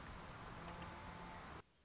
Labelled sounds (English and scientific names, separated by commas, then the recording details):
Anna's Hummingbird (Calypte anna)
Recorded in Sonoma County, California